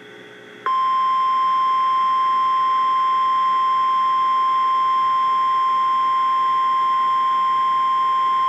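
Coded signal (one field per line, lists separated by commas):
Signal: Emergency Alert System (SAME) tones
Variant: 1050 Hz attention tone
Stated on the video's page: Severe thunderstorm warning for Tarrant County, Texas, from weather radio transmitter KEC56.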